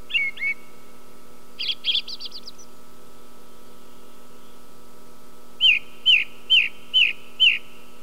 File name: grive musicienne